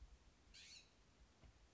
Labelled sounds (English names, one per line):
California Scrub-Jay